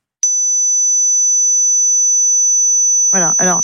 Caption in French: Ce qu'entend justement une personne qui souffre d'acouphènes. C'est ce bruit-là. En général, les pertes d'audition, enfin, ce qu'on appelle la presbyacousie, acousie, bah, ça commence par les aigus. Et voilà, ce type de bruit, on peut ne pas l'entendre passer, on va dire, 60 ans.